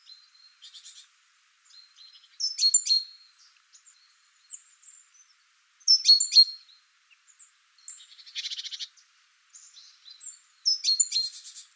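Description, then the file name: Great tit calls: clusters of sharp high chirps every few seconds, with a short buzzy churring rattle between them. "Parus major"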